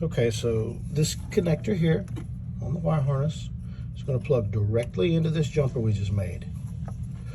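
Someone talks while handling the plastic connector on the main wire harness of a 2004-2008 Club Car Precedent golf cart, lining it up with a newly made jumper plug to bypass the on-board computer. Only speech and faint handling noise are heard, and nothing has seated or clicked yet.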